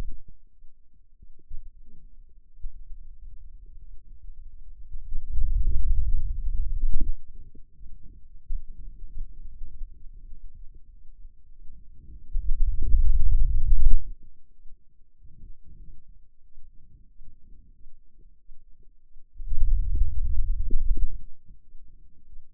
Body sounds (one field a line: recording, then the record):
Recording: forearm muscle sounds (acoustic myography)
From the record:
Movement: hand opening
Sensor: system 2, bracelet of six BSWA MPA416 microphones around the upper forearm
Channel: 3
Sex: male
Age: 22 years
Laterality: right